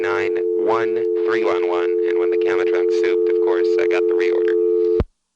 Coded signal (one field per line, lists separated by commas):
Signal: telephone call progress tone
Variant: North America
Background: speech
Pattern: dial tone